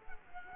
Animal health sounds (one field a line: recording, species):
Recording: mosquito wingbeat signal from an infrared sensor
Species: Culex quinquefasciatus